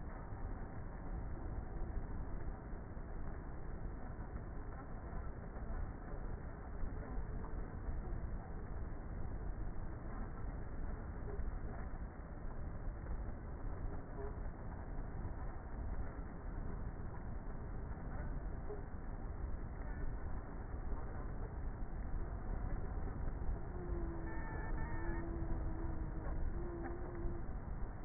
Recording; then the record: honeybee colony, microphone inside the hive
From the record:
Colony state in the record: queenless with a low population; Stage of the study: before two queens were removed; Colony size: about 30,000 bees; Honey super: no